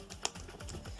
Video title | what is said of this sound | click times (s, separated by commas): TUTORIAL IN COLLAB CON #outdoortide -- COME SI USA IL RIGHELLO PER IL DIAMOND PAINTING | e sentite che c'è il click questo | 0.2 s